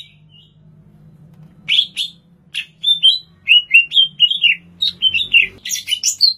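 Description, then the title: Greater green leafbird song starting after a quiet hum: chattery bursts of slurred whistles, rising and falling, quickening into a dense warbling sequence. "Cucak Ijo"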